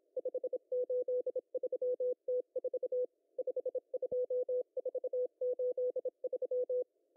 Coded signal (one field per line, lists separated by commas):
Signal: Morse code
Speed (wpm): 26 wpm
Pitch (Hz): 500 Hz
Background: none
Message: 583T4 52483